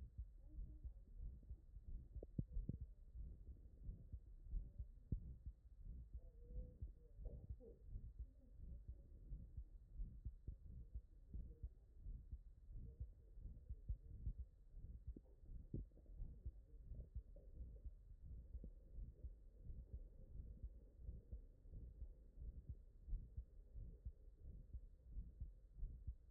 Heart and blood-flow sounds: heart sounds by stethoscope; mitral valve (MV)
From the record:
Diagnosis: non-HFrEF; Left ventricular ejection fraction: 58%

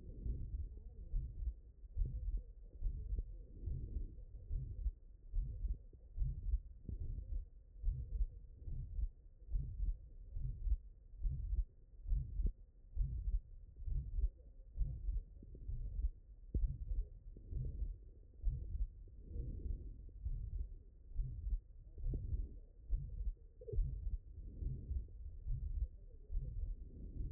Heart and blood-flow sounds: heart sounds by stethoscope; mitral valve (MV)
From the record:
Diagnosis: non-HFrEF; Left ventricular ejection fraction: 69%

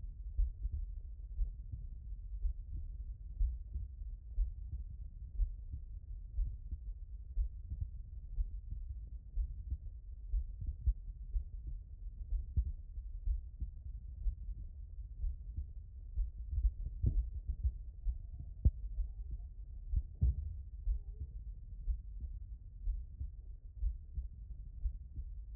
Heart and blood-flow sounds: heart sounds by stethoscope; aortic valve (AV)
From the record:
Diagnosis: non-HFrEF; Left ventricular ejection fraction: 62%

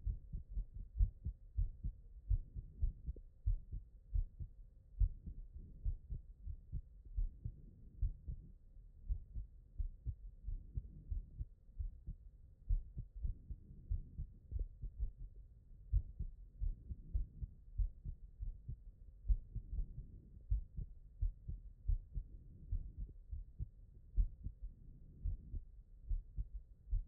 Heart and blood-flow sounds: heart sounds by stethoscope; pulmonary valve (PV)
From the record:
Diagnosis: non-HFrEF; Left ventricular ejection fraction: 66%

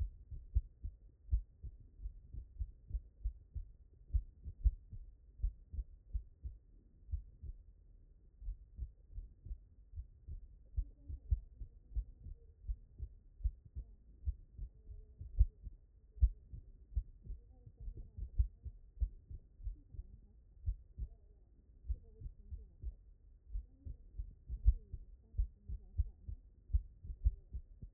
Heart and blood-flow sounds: heart sounds by stethoscope; mitral valve (MV)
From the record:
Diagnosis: non-HFrEF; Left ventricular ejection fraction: 57%

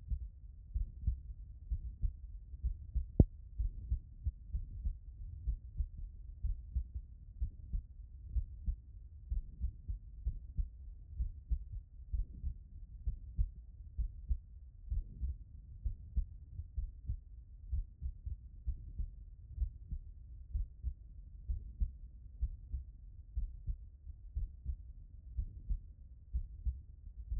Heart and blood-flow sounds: heart sounds by stethoscope; tricuspid valve (TV)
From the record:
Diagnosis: HFrEF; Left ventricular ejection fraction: 37%

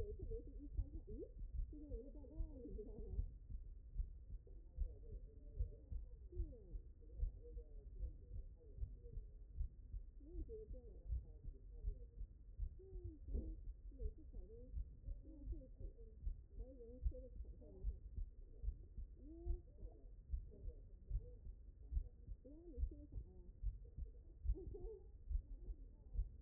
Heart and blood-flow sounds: heart sounds by stethoscope; mitral valve (MV)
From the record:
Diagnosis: non-HFrEF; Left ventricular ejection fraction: 65%

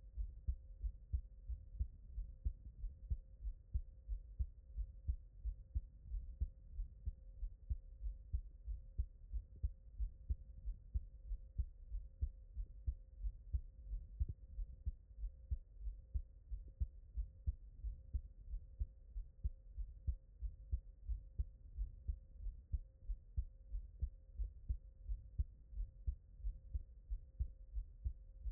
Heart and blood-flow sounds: heart sounds by stethoscope; tricuspid valve (TV)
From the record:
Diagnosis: non-HFrEF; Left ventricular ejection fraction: 58%

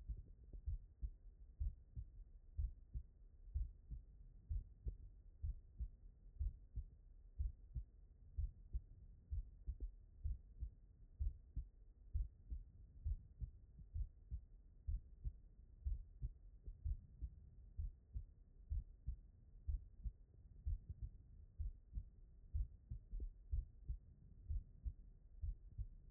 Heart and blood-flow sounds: heart sounds by stethoscope; pulmonary valve (PV)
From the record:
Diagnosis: non-HFrEF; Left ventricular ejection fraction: 58%

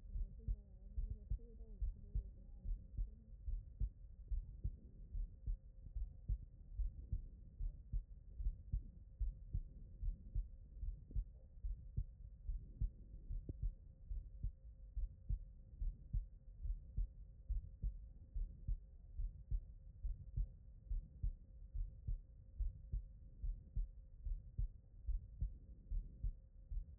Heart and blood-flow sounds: heart sounds by stethoscope; tricuspid valve (TV)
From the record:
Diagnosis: non-HFrEF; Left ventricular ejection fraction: 63%

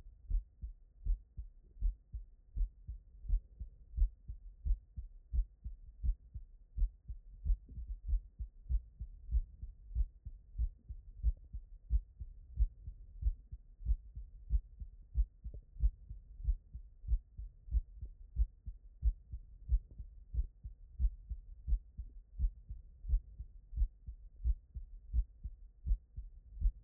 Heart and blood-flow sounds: heart sounds by stethoscope; tricuspid valve (TV)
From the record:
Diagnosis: non-HFrEF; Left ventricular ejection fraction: 67%

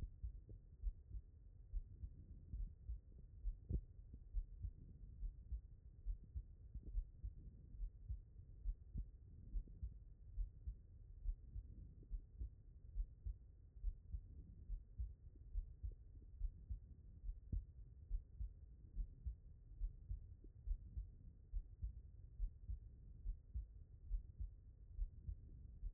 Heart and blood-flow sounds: heart sounds by stethoscope; pulmonary valve (PV)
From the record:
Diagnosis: HFrEF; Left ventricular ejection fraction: 40%

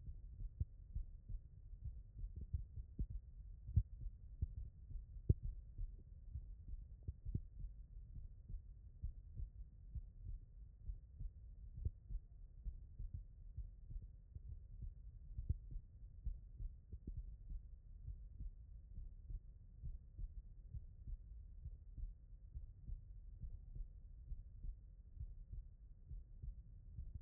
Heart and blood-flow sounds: heart sounds by stethoscope; tricuspid valve (TV)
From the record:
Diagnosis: non-HFrEF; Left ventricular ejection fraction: 69%

